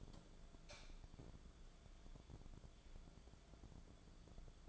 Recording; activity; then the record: daily activity, microphone in the room; light off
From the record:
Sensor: 5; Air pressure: 1010.4 hPa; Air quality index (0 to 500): 117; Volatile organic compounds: 2 ppm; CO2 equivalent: 1146 ppm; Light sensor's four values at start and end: 513/1316/544/614 and 509/1304/539/609